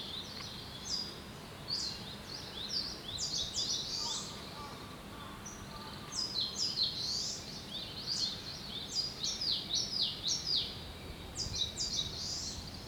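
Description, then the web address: Bird chirps: rapid high descending chirps in bursts, many overlapping, over steady background hiss. Recorded in Sendai. "yubeotsu bird sendai"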